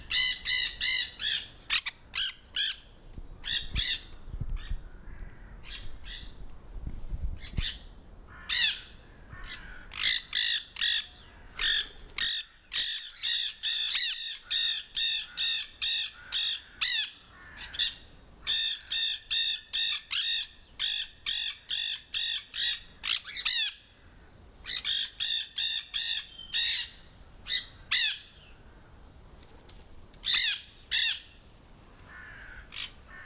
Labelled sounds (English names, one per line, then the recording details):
Nanday Parakeet call
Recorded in captivity
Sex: group
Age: adult
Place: Zoo Berlin, Berlin, DE
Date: 1997-09-16 15:56
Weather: heiter - wolkig, ca. 23°C
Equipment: Sony MD-WM MZ-R3, Sennheiser ME 80, Kopie Uher 4000 Report Monitor
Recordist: Tembrock, Günter
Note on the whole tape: Gruppe: Kurzlaute und Sequenzen (Entfernung 1-2 m)